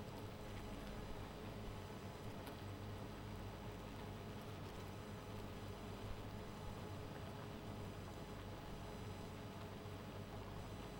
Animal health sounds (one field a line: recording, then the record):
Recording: honeybee colony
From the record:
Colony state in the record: missing queen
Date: 14 July 2017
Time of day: 0:36